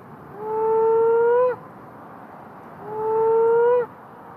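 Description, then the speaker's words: Moaning frog giving two long low moaning calls, each drawn out over about a second and rising slightly. Males call to attract females during the mating season; a haunting call, heard commonly around the middle of Perth. "that's the moaning frog, and it calls quite commonly around the middle of Perth."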